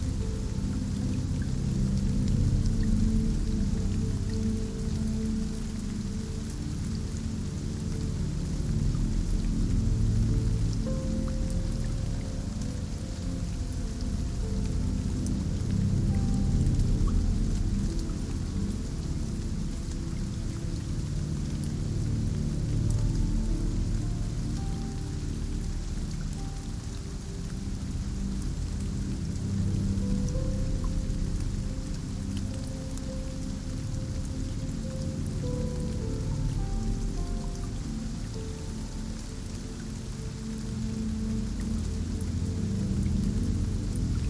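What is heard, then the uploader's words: Gentle rain falls steadily and densely, with a soft hiss over a fuller, rumbling low patter that stays even throughout. Faint brief tonal flickers come and go, and the level swells slightly around the middle without any distinct single events. 30mins of GENTLE RAIN.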